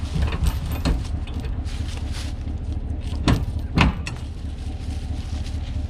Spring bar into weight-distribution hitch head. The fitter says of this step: so with that one there you see i put in there wiggle it and then snap it into place